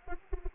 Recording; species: mosquito wingbeat signal from an infrared sensor; Anopheles arabiensis